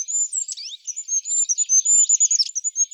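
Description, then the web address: Goldcrest calls, very high thin sibilant notes in a rapid continuous jumble, with quick trilled runs and short sharp accents throughout. "Regulus regulus"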